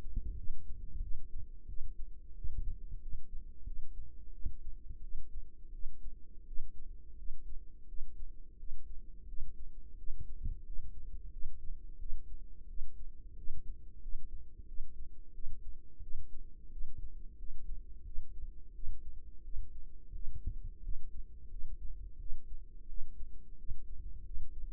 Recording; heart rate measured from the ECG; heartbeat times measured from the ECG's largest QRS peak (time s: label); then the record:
heart sounds by microphone in the right ear; 88 bpm
0.36 s: heartbeat
1.01 s: heartbeat
1.67 s: heartbeat
2.35 s: heartbeat
3.00 s: heartbeat
3.65 s: heartbeat
4.32 s: heartbeat
5.01 s: heartbeat
5.72 s: heartbeat
6.46 s: heartbeat
7.16 s: heartbeat
7.87 s: heartbeat
8.57 s: heartbeat
9.27 s: heartbeat
9.97 s: heartbeat
10.64 s: heartbeat
11.31 s: heartbeat
11.98 s: heartbeat
12.67 s: heartbeat
13.36 s: heartbeat
14.01 s: heartbeat
14.66 s: heartbeat
15.33 s: heartbeat
16.01 s: heartbeat
16.70 s: heartbeat
17.37 s: heartbeat
18.04 s: heartbeat
18.73 s: heartbeat
19.43 s: heartbeat
20.13 s: heartbeat
20.82 s: heartbeat
21.49 s: heartbeat
22.18 s: heartbeat
22.87 s: heartbeat
23.57 s: heartbeat
24.24 s: heartbeat
From the record:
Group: healthy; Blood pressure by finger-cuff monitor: 100/57 mmHg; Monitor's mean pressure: 71 mmHg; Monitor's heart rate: 87 bpm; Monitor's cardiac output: 7.6 L/min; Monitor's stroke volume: 86 mL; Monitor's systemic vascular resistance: 670 dyn s/cm5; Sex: female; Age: 22 years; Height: 157 cm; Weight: 47.6 kg